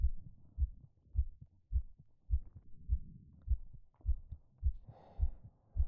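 An adult's own heartbeat, heard close up: regular low thumping at about 105 beats a minute with a steady rhythm.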